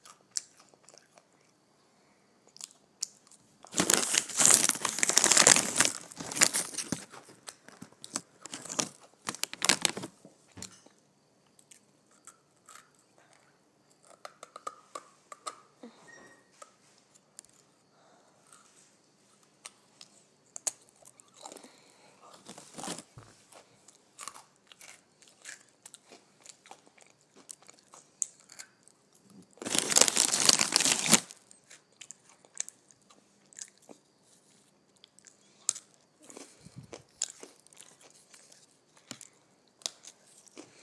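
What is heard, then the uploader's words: Someone crunches potato chips, with loud bursts of chewing near 4–10 and 30–31 seconds and quieter, sparse crunches and clicks between. Crunching on Potato Chips.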